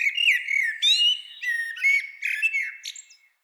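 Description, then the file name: Common blackbird pouring out a continuous fluty warble with squeaky high inserts before fading out. "Turdus merula"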